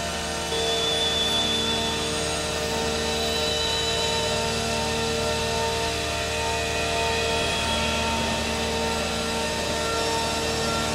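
Electromagnetic signals from an underground train form a steady, dense electrical hum packed with layered whining tones, with a brief shift near the eighth second.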